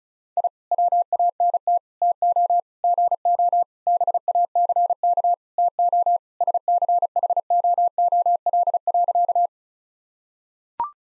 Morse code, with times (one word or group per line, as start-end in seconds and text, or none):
0.4-0.5 I
0.7-1.8 WANT
2.0-2.6 TO
2.8-3.6 GO
3.9-5.3 BACK
5.6-6.2 TO
6.4-9.5 SCHOOL.